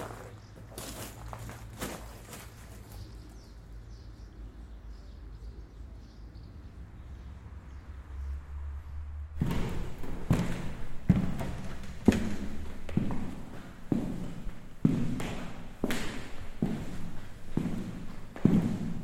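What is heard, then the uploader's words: Footsteps crunch along during a short walk among the ruins of Vukovar, Croatia. The first half is quieter, with scattered steps over a low rumble and faint bird-like chirps, then from about nine seconds the steps turn loud, regular and heavy, with sharp thuds. By Christophe Rault A short walk among the ruins of Vukovar, Croatia, where the writings on the walls till tell war stories. Une ville marquée par la guerre, comme en témoignent les divers graffitis et inscriptions lus à voix haute.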